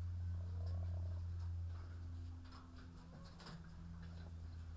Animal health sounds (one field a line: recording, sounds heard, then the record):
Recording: poultry house recording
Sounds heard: sick chickens (respiratory disease)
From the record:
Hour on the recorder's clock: 15